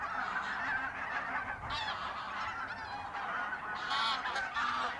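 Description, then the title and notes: Goose: geese calling as a flock, a dense continuous chorus of overlapping nasal honks and cackles with no pauses. Binaural recording in a re-naturalised polder area at Sellstedt, Germany, 9 November 2020; ORTF pair of SC 140 microphones with windjammer, TASCAM DR100 MK3 recorder. "Binaural recording of birds at Polder Glies, Sellstedt, Germany"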